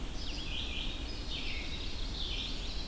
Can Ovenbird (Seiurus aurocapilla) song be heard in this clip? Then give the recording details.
no. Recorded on 23 June 2016 at 05:26. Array SBT-6-76